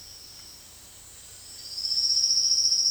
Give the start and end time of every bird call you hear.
0.00s-2.90s: Roadside Hawk
1.40s-2.90s: Silvered Antbird

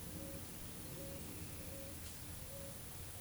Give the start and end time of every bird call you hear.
0.00s-3.21s: Eared Dove

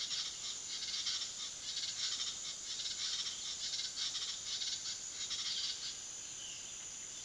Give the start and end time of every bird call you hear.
0.00s-5.94s: Speckled Chachalaca
6.21s-6.62s: Violaceous Jay

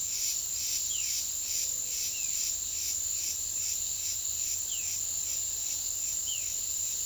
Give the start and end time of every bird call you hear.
0.74s-2.39s: Violaceous Jay
4.61s-6.61s: Violaceous Jay

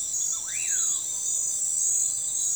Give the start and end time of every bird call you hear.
0.33s-1.02s: Common Pauraque

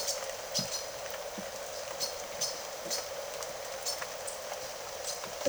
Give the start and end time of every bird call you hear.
0.00s-0.90s: Silver-beaked Tanager
1.91s-5.48s: Silver-beaked Tanager

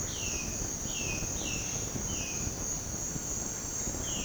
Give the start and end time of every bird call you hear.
0.07s-2.48s: Violaceous Jay

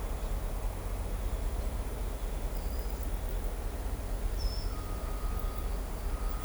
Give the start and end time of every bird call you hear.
4.33s-4.65s: Ochre-lored Flatbill

